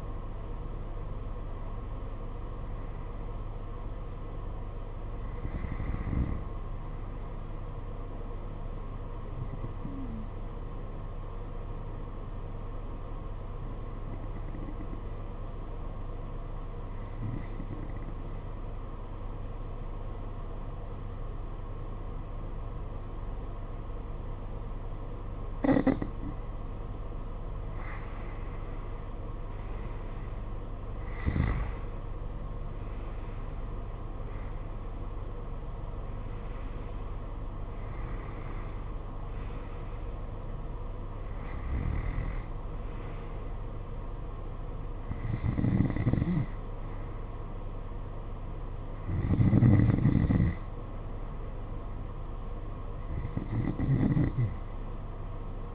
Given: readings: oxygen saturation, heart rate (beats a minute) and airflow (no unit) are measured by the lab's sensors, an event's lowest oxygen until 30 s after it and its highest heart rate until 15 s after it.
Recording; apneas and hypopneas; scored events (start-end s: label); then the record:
breathing in sleep by a smartphone at the bedside; 1
7.00-37.00 s: new sleep stage, N2 (light sleep)
14.00-29.60 s: obstructive apnea (N2, oxygen 94% highest, then 89% lowest, heart rate 48 at the start, 58 highest)
37.00-55.75 s: new sleep stage, N1 (lightest sleep)
From the record:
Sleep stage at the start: N3 (deep sleep); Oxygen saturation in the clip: 89 to 94%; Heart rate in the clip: 48 to 58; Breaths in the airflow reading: 11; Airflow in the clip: -10.3 to 9.9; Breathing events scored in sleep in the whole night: 476 in 9.7 hours asleep